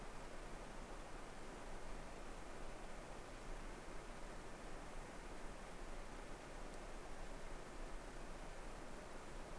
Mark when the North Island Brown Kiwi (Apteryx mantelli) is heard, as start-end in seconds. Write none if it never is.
none